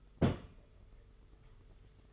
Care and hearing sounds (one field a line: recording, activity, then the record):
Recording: daily activity, microphone in the room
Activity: place on stove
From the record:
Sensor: 4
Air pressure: 991.8 hPa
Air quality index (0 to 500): 86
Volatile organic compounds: 7 ppm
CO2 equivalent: 1972 ppm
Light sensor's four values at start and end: 22/75/27/29 and 22/75/27/29